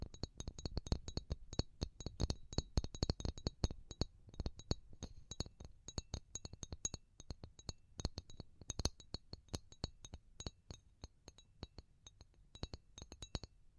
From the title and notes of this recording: ASMR Pure Tapping Fast and Slow (No Talking).